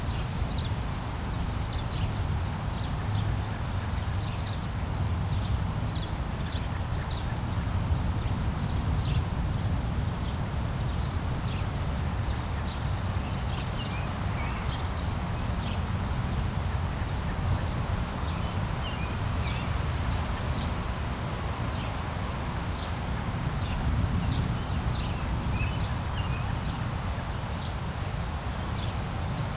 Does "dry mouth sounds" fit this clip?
no